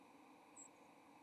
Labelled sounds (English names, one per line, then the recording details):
White-throated Sparrow flight call
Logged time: 07:55 on 30 October 2014